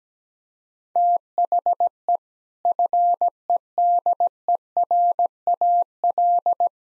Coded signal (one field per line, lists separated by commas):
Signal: Morse code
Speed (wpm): 17 wpm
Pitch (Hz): 700 Hz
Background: none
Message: THE FEDERAL